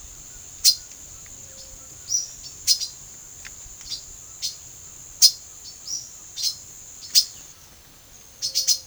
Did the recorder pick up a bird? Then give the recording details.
yes. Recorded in pastures near Puerto Asís, Putumayo, Colombia, on 4 March 2025 at 09:30. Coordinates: 0.487, -76.322. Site G077